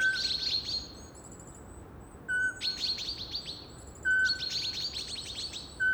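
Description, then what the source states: Eurasian pygmy owl giving whistled hoots about every two seconds, accompanied by loud chattering, buzzy bursts of small mobbing birds. Male hooting while being mobbed.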